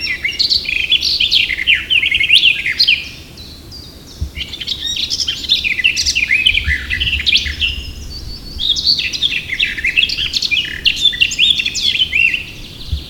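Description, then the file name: Eurasian blackcap warbling in three bursts of rapid, varied high notes, each lasting several seconds, separated by brief quiet gaps. "Sylvia atricapilla"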